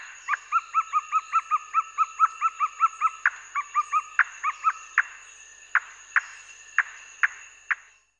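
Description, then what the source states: Western nicator song of quick, evenly repeated paired notes that give way to single sharp clicks about every half second, with a steady insect drone behind. Recorded in Uganda.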